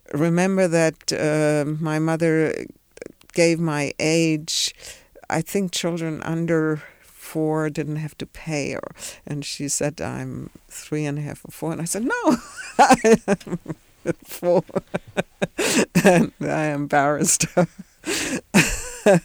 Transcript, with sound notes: remember that my mother gave my age, I think children under four didn't have to pay, and she said I'm three-and-a-half or four and I said, "No!" (she laughs) "I'm not four!" I embarrassed her.